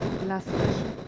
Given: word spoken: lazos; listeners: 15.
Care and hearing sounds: one Spanish word in noise, from a listening test; noise modulated by three-talker babble; -5.9 dB; 2 of 15; 10 of 15; 0.67 s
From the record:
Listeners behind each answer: 10, 2, 2, 1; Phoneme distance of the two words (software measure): 7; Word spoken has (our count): 2 syllables, 5 phonemes, stress on syllable 1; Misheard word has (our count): 2 syllables, 6 phonemes, stress on syllable 1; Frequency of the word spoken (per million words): 12.71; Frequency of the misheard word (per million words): 15.39

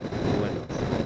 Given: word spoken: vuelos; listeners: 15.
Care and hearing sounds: one Spanish word in noise, from a listening test; noise modulated by three-talker babble; -5.6 dB; 3 of 15; 7 of 15; 0.66 s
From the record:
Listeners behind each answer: 7, 3, 2, 1, 1, 1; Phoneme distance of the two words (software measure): 10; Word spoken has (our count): 2 syllables, 6 phonemes, stress on syllable 1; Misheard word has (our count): 2 syllables, 6 phonemes, stress on syllable 1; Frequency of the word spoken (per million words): 14.37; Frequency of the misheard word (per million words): 1.94

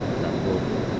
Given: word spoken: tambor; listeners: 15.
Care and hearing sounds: one Spanish word in noise, from a listening test; speech-shaped noise; -4.6 dB; 1 of 15; 6 of 15; 0.60 s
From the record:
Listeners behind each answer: 6, 3, 2, 1, 1, 1, 1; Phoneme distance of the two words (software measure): 27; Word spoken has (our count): 2 syllables, 6 phonemes, stress on syllable 2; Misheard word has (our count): 3 syllables, 7 phonemes, stress on syllable 2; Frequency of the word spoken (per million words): 7.62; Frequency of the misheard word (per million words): 203.29

